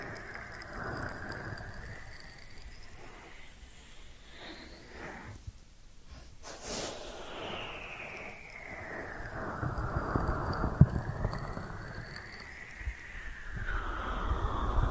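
Ear cleaning sounds: soft, dense scratching and rubbing with rising and falling sweeps, like something gliding over the ear. Near six seconds it briefly goes almost quiet, then the scraping returns fuller and louder toward the end, with small pops around eleven seconds.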